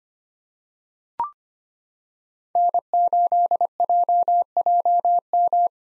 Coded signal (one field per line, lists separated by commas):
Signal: Morse code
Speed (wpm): 25 wpm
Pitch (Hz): 700 Hz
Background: none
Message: N8JJM